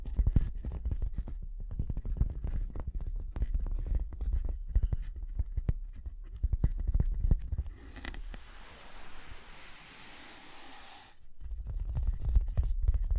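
Tapping and scratching noises fill the first eight seconds, with rapid, irregular knocks and dull thumps over a low rumble. From about 8 to 11 seconds a steady hiss takes over, then the quick tapping and low thuds return until the end.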